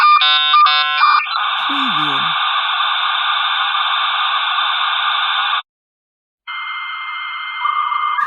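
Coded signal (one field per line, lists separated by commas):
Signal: dial-up modem handshake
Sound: warbling tone bursts and beeps, then loud rushing hiss, brief silence, hiss again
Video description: Sounds of dial-up modem connecting to the internet, line noise and connect sounds from a computer.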